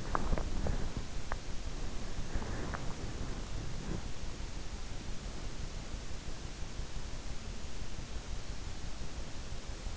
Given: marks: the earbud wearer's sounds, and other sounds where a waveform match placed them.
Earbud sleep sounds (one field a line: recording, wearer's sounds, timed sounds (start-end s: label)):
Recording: sounds in sleep by an in-ear microphone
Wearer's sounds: body movement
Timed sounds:
0.00-4.14 s: body movement